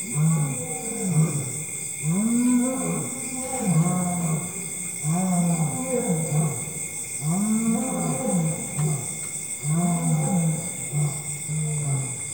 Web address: BBC Sound Effects Library. Africa. Lions, Lions With Insect Chorus